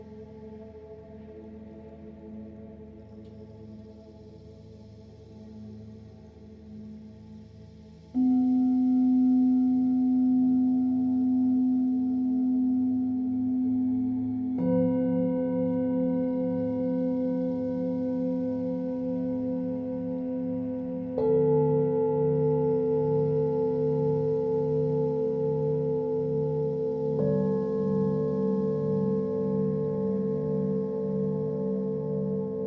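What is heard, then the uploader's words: Singing bowls hum with long, steady ringing tones that overlap and sustain without pause. New bowls are struck at about 8, 15, 21 and 27 seconds, each strike adding a louder, slightly different pitch over a low, warm drone that shimmers gently. Singing Bowl Sound Therapy.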